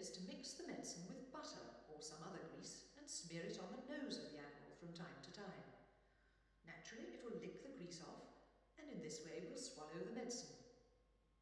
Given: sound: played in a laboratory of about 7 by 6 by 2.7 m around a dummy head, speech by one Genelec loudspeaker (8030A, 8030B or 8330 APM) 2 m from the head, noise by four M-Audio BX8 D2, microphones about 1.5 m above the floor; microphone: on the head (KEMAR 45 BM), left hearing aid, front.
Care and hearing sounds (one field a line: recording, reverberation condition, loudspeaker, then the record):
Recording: female speech in English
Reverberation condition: high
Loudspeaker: 30 degrees to the left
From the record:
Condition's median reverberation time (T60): about 1300 ms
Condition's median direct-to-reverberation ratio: about -4.0 dB